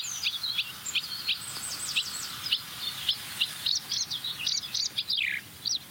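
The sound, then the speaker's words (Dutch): A marsh warbler sings a fast, varied stream of high chirps, trills and whistled notes, imitating other birds' calls, starting with a barn swallow, then a skylark and a buzzard's mewing call, with no pauses and no voices over it. “Ja, deze bosrietzanger werkt gelukkig een beetje mee, want deze begint vrij rustig.”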